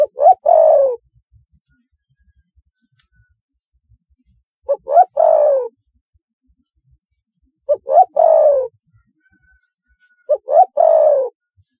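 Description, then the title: Spotted dove giving its three-part coo, two brief notes leading into a drawn-out descending croon, repeated four times. "Tekukur"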